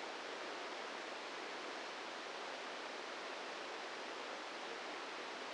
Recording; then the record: brain microelectrode recording played as sound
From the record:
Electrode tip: inside the subthalamic nucleus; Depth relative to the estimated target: -1 mm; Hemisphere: left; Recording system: NeuroSet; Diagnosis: Parkinson's disease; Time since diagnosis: 8 years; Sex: male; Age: 46 years